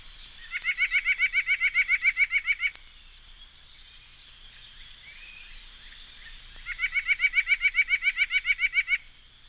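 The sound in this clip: White-breasted Nuthatch gives two bursts of rapid nasal notes, each about two seconds, separated by a pause of about four seconds.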